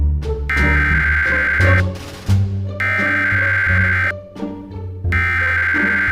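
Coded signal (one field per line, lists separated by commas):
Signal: Emergency Alert System (SAME) tones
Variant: header bursts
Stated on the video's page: SAME tones used in a simulated EAS scenario created on a phone with KineMaster from a downloaded tone file.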